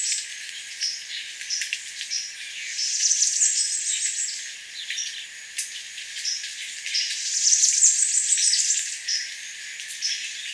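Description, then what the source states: Bananaquit singing high, hissing, buzzy trills in two longer bursts, with scattered short ticking notes between them. Recorded at Spanish Lagoon, Aruba, in January 2005.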